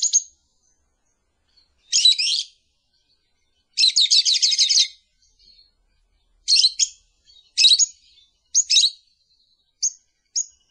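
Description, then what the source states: Lovebird calls with shrill squeaks, a rasping trilled burst over a second long, then several sharp chirps. Sound used to lure lovebirds.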